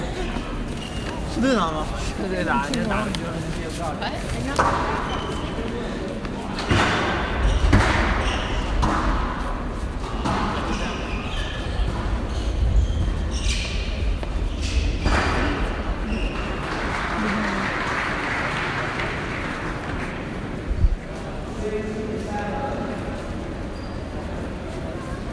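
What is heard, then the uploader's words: Inside a busy station concourse, a dense crowd murmur fills the space with overlapping voices. Footsteps and sharp knocks punctuate it, with louder thumps around 7, 13 and 21 seconds, over a steady low rumble. Grand Central Station.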